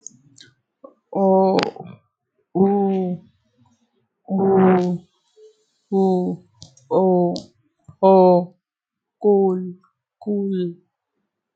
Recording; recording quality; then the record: sustained vowel as in boot; excellent, no background noise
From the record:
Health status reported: healthy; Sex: female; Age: 35 years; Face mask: not worn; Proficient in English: yes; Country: India